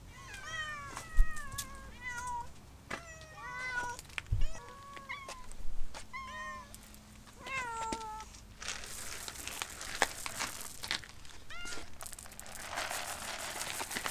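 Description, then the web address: Cat meowing repeatedly, a series of short bent mews for about eight seconds, then crinkling and rustling noises. At feeding time. "donna Cat Feeding"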